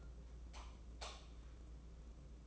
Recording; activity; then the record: daily activity, microphone in the room; light off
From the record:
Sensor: 1